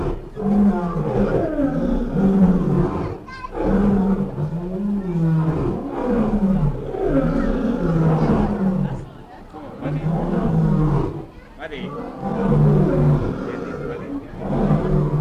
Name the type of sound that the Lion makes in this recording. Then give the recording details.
call. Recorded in captivity. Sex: male. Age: adult. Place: Tierpark Berlin, Berlin, DE. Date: 1959-08-20 18:15. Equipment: Reporter (Vollspur). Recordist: TSA. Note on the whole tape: Rufreihen (sechsmal) vom Luchskäfig aus aufgenommen. Abstand 20 m. Aufnahmezeit: 18.15-19.20